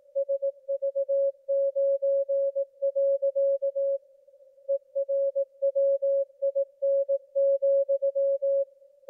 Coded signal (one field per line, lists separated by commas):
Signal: Morse code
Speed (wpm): 18 wpm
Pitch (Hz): 550 Hz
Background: music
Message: SV9. ERWIN,